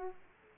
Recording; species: mosquito wingbeat signal from an infrared sensor; Aedes aegypti